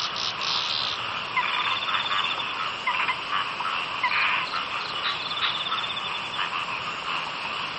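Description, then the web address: Many frogs croaking together, a continuous buzzing chorus broken by brief sharper clicks and louder trilled bursts. "bumbungrec kaeru frog"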